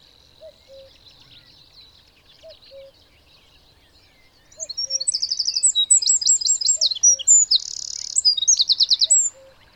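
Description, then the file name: Eurasian wren song bursting in after four seconds, a loud, rapid run of high trills and chattering notes with one buzzy rattle; soft low two-note calls repeat every two seconds throughout. "Troglodytes troglodytes"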